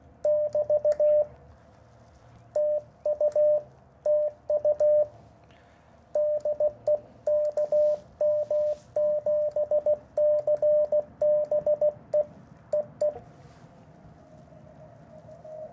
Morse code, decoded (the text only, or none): <BT> TU TU DE KM7CBE EE